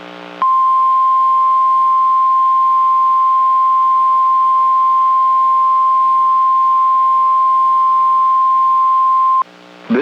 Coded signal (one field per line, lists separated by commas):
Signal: Emergency Alert System (SAME) tones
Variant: 1050 Hz attention tone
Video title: NOAA Weather Radio Station KEC55 Went Wireless!